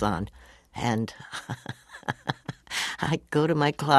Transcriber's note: soundbite of laughter